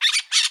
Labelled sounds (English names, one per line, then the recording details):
Brown-throated Parakeet contact call
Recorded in Bonaire
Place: 1 km E of roosting area just N of Seru Largu
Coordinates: 12.199, -68.268